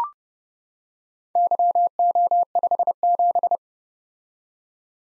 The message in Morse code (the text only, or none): YO57